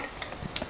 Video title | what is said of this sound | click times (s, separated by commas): Cooking A Whole Chicken - Awakened Taste Nutrition | If you've heard that clicking sound, it means it's locked. | 0.6 s